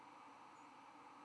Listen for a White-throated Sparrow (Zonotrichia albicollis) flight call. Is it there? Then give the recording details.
no. Another species' flight call is heard. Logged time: 04:20 on 11 November 2014